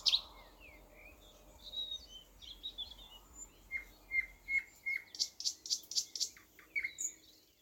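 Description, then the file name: Thrush nightingale song: soft varied twitters give way to repeated short whistled notes and a burst of loud clicks. "thrush nightingale - luscinia luscinia"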